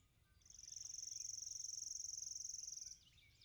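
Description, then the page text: Chipping sparrow singing a long, flat, mechanical trill of fast high chips, steady in pitch for about two and a half seconds. Recorded in Maryland. "Maryland Biodiversity. Chipping Sparrow ( Spizella passerina )"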